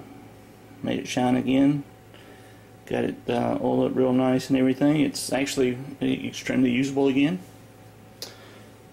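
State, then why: Seated. Someone talks about an old restored steel folding knife that has been cleaned and oiled. Then the blade is swung open and locks into its handle with a single sharp click at 8.2 seconds, seating firmly in place.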